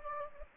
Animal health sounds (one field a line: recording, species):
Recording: mosquito wingbeat signal from an infrared sensor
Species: Anopheles gambiae